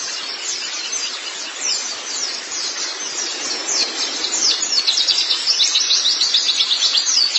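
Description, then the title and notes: White-eye song, rapid high twittering that starts softly and grows stronger and denser in the second half. Chirping song. "Kicauan Burung Pleci Durasi Panjang. Suara kicauan burung pleci"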